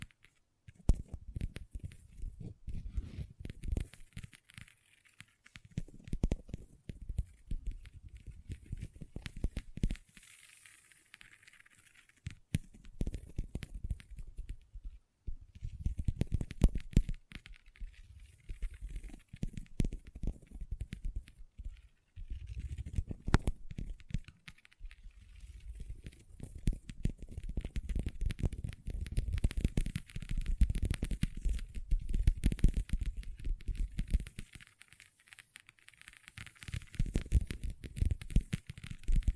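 Long fingernails tap and scratch across a tabletop in dense bursts of quick, irregular clicks and rasping strokes, with low thumps beneath. Short pauses break the activity near 10, 15 and 22 seconds. A faint steady hiss sits high in the background throughout.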